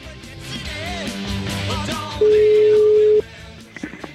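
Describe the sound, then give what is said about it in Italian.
A telephone ringing tone sounds once as a call is placed to a number found in the phone book, a single steady mid-pitched beep lasting about a second, loud and rising above a busy musical background that continues before and after it. “Ha una storia molto bella questo Pietro Maso, chiamiamolo un po', e va a consultare l'elenco telefonico e vede Pietro Maso, ah, sarà lui Pietro Maso.”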